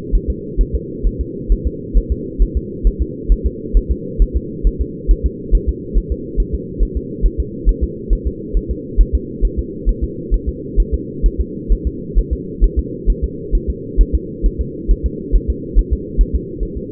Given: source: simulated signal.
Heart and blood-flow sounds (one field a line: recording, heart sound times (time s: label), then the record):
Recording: fetal heart sounds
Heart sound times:
0.15 s: S1
0.30 s: S2
0.61 s: S1
0.75 s: S2
1.07 s: S1
1.21 s: S2
1.52 s: S1
1.67 s: S2
1.97 s: S1
2.12 s: S2
2.42 s: S1
2.57 s: S2
2.87 s: S1
3.02 s: S2
3.32 s: S1
3.46 s: S2
3.77 s: S1
3.91 s: S2
4.22 s: S1
4.36 s: S2
4.67 s: S1
4.81 s: S2
5.11 s: S1
5.26 s: S2
5.55 s: S1
5.69 s: S2
5.98 s: S1
6.12 s: S2
6.40 s: S1
6.55 s: S2
6.83 s: S1
6.97 s: S2
7.26 s: S1
7.40 s: S2
7.69 s: S1
7.83 s: S2
8.13 s: S1
8.27 s: S2
8.57 s: S1
8.71 s: S2
9.01 s: S1
9.15 s: S2
9.45 s: S1
9.59 s: S2
9.89 s: S1
10.04 s: S2
10.34 s: S1
10.49 s: S2
10.80 s: S1
10.94 s: S2
11.26 s: S1
11.41 s: S2
11.72 s: S1
11.87 s: S2
12.19 s: S1
12.33 s: S2
12.64 s: S1
12.79 s: S2
13.10 s: S1
13.24 s: S2
13.55 s: S1
13.70 s: S2
14.01 s: S1
14.15 s: S2
14.46 s: S1
14.61 s: S2
14.91 s: S1
15.06 s: S2
15.36 s: S1
15.50 s: S2
15.79 s: S1
15.93 s: S2
16.21 s: S1
16.36 s: S2
16.63 s: S1
16.77 s: S2
From the record:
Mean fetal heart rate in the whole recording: 135 bpm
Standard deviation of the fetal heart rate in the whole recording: 3 bpm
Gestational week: 36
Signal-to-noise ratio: -4.1 dB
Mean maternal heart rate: no maternal heart sound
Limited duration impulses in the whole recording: absent